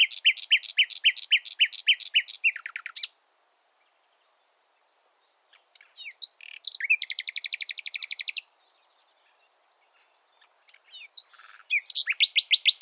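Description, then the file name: Common nightingale song: fast repeated chattering trills in bursts, separated by silences, with soft notes before the next rapid phrase. "Luscinia megarhynchos"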